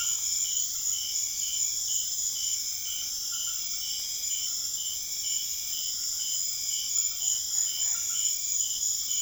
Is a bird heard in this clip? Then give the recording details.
no. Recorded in secondary vegetation near Puerto Asís, Putumayo, Colombia, on 25 June 2025 at 21:00. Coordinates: 0.500, -76.326. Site GP08